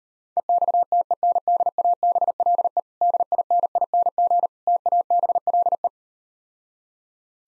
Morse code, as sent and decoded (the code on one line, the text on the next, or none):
. -..- - . -. -.. .- -... .-.. . / -.. .. -. .. -. --. / - .- -... .-.. .
EXTENDABLE DINING TABLE